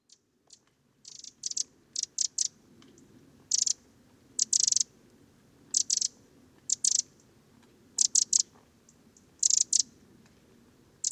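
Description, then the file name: Eurasian wren giving harsh clicking rattles, bursts of fast ticks coming every second or so, often in pairs, over faint background noise. "Troglodytes troglodytes"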